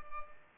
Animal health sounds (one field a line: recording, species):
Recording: mosquito wingbeat signal from an infrared sensor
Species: Culex pipiens